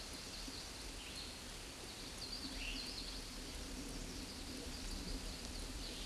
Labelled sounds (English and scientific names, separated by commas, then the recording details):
Scarlet Tanager (Piranga olivacea) song
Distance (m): 15 m
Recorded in a Pennsylvania forest on 19 May 2023 at 10:58
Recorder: AudioMoth, point grid1_7_low
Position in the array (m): 170 m, 59 m